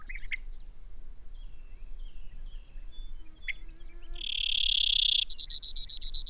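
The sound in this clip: Bird song: a few sharp chirps, then a long steady buzzy note, followed by a fast series of clipped repeated notes, over a constant thin high hum.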